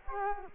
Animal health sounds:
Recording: mosquito wingbeat signal from an infrared sensor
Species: Culex quinquefasciatus

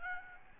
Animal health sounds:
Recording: mosquito wingbeat signal from an infrared sensor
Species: Aedes albopictus

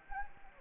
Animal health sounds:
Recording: mosquito wingbeat signal from an infrared sensor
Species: Anopheles gambiae

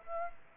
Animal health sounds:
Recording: mosquito wingbeat signal from an infrared sensor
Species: Aedes aegypti

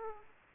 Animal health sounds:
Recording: mosquito wingbeat signal from an infrared sensor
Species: Aedes aegypti

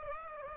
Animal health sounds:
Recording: mosquito wingbeat signal from an infrared sensor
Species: Aedes aegypti

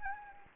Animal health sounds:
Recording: mosquito wingbeat signal from an infrared sensor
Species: Anopheles gambiae

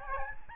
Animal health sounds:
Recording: mosquito wingbeat signal from an infrared sensor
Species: Aedes albopictus

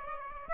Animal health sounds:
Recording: mosquito wingbeat signal from an infrared sensor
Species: Aedes aegypti

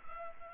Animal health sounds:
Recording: mosquito wingbeat signal from an infrared sensor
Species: Culex pipiens

